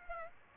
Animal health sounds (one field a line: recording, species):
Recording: mosquito wingbeat signal from an infrared sensor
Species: Aedes aegypti